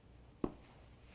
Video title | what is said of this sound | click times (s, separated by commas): La Sportiva Nepal Cube GTX Boots In-Depth Review | you can hear that little click perhaps these | 0.4 s